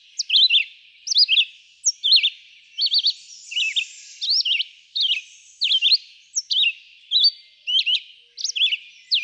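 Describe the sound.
Red-eyed vireo delivering quick, choppy whistled phrases separated by brief silences, the phrase shapes changing from one to the next.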